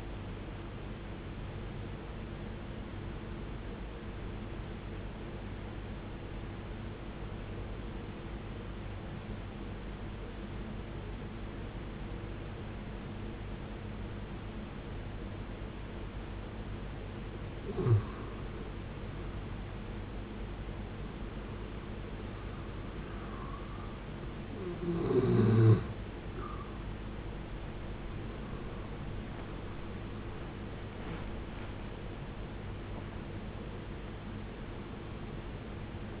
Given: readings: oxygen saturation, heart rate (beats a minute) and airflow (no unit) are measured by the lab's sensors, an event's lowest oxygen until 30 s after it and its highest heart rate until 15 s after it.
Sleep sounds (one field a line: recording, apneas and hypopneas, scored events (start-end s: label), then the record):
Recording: breathing in sleep by a voice recorder at the bedside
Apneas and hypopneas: 1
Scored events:
6.00-19.50 s: obstructive apnea (N2, oxygen 91% highest, then 89% lowest, heart rate 63 at the start, 79 highest)
From the record:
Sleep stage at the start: N2 (light sleep)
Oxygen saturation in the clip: 82 to 94%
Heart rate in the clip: 57 to 83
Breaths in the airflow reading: 4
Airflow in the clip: -11.6 to 13.6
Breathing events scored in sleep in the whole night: 389 in 6.3 hours asleep